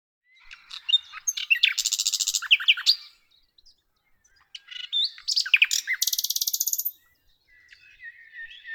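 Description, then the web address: Common nightingale singing: varied phrases of sharp chips and short whistles, each building into a rapid rattling trill, two bursts separated by a pause. "usignolo"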